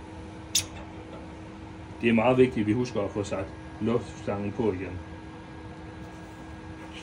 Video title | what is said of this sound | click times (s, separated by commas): Hvordan renser du linsen på din LaserPro Laserskærer? | Så klikker vi luftslangen i koblingen og trækker lige mod sikre at den er klikket på plads. | 0.6 s